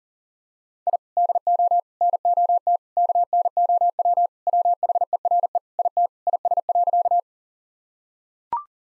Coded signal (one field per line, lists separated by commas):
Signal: Morse code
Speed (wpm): 40 wpm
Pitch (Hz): 700 Hz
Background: none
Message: I DO NOT KNOW WHERE IT IS.